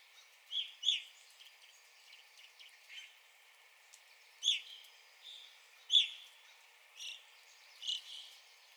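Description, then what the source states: Evening grosbeak calls, loud clear chirps given singly or in quick pairs every second or two, with quiet high twitters behind. Recorded 9 April 2021.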